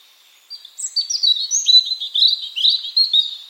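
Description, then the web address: European robin song starting after a short pause: high, slurred whistles followed by a fast warbled trill that flickers up and down in pitch. "Deverinetal 2025 File origin Bird Only Er Ru"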